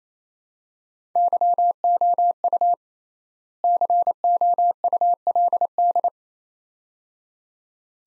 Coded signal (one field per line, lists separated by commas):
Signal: Morse code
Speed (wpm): 28 wpm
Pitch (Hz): 700 Hz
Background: none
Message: YOU COULD